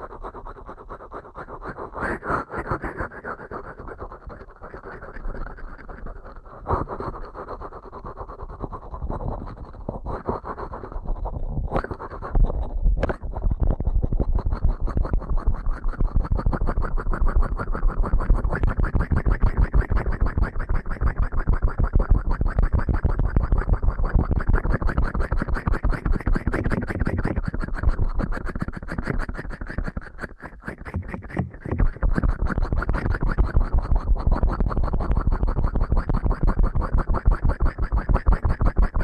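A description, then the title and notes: Fast scratching and rubbing, like rapid ear cleaning, runs almost continuously for the whole clip. It starts a little softer and grows denser and louder after about twelve seconds, with a brief dip near thirty seconds, and faint thin crackles above. ASMR Ear Cleaning at Helicopter Speed.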